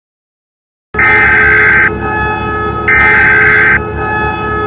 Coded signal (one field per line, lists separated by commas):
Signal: Emergency Alert System (SAME) tones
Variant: header bursts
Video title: WAKE ISLANDS EAS ALARM